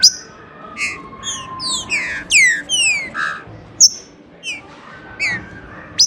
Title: Trinca Ferro